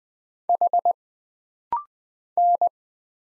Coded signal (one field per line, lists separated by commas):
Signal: Morse code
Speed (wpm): 20 wpm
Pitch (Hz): 700 Hz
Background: none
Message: H N